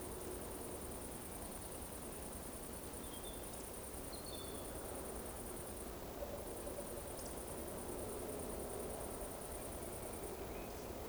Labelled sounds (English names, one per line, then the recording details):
Eurasian Woodcock whistle
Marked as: whistle, whistle, whistle, whistle
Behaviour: display flight
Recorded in Baden-Württemberg, Germany, on 25 June 2020 at 19:51 UTC
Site 14569, 102 m above sea level